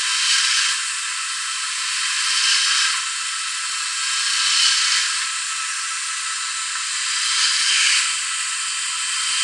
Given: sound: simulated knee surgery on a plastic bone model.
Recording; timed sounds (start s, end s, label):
surgical tools on bone
0.00	0.68	drilling into bone
2.02	2.86	drilling into bone
4.17	5.22	drilling into bone
7.13	8.03	drilling into bone